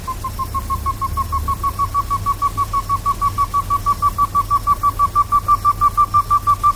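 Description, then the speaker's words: Rail uttering a fast, regular string of short whistled notes, about three each second, above a faint low hum. South American rail calling after a warm-up; this group is known for long calls, longer than the roughly 15 seconds of Japanese long-calling birds. "それでは南米のクイナはどうでしょう。ウォーミングアップをして鳴いております。"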